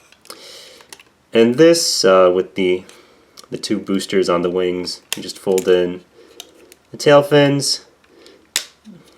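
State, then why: Seated. Someone talks while swinging the tail fin hinge of a DX Chogokin VF-27β Lucifer Valkyrie New Head Plus transforming toy jet up into position during transformation to bird mode, with a few small handling taps along the way. One sharp, loud click at 8.6 s marks the plastic/die-cast tail fin seating into place.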